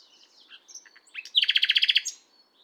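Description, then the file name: Common nightingale song: soft scattered notes building into a loud, rapid series of repeated notes, then fading. "Luscinia megarhynchos"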